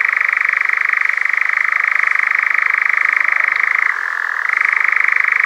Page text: European Nightjar Churring. Quick Sounds